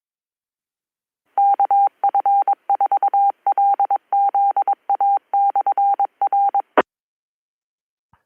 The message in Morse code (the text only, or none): KF4LZA/R